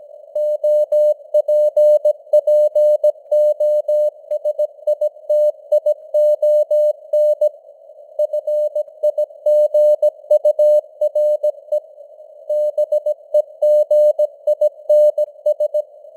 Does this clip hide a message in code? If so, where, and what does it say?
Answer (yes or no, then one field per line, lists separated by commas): yes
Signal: Morse code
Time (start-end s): 0.4-15.8 s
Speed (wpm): 17 wpm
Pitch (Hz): 600 Hz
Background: none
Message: OPPOSITION FIGURE BEGINS